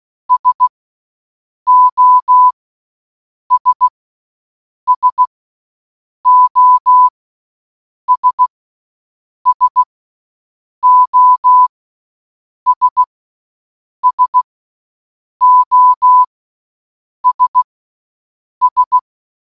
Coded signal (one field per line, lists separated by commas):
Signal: Morse code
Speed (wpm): 16 wpm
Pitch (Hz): 1000 Hz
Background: none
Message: SOS SOS SOS SOS S